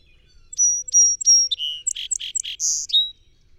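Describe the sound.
Song sparrow song with three bright whistled opening notes followed by a rapid buzzy jumble and a final lower note.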